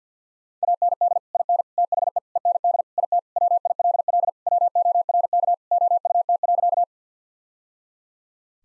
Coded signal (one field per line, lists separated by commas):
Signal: Morse code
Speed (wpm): 50 wpm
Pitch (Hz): 700 Hz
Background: none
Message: AND IN THE END IT WILL WORK OUT.